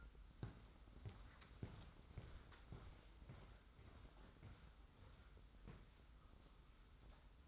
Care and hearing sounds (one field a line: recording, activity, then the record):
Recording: daily activity, microphone in the room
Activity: walk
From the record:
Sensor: 3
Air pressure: 990.7 hPa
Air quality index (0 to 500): 170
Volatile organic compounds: 1000 ppm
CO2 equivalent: 5522 ppm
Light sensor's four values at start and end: 38/91/37/35 and 40/95/38/36